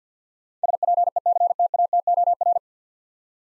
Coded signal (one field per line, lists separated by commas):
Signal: Morse code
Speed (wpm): 50 wpm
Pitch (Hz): 700 Hz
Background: none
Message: SPECTATOR